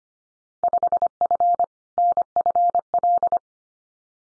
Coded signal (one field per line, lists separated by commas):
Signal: Morse code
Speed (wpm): 25 wpm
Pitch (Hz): 700 Hz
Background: none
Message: 5F NFL